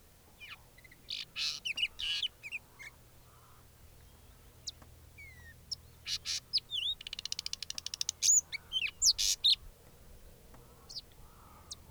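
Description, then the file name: Sabota lark song: a varied run of high chirps, slurred whistles and buzzy notes, then a fast rattling trill and sharp whistled notes near the end. Recorded at Halali. "Lark sabota halali"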